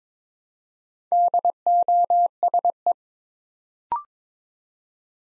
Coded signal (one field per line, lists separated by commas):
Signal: Morse code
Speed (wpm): 22 wpm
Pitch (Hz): 700 Hz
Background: none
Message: DOSE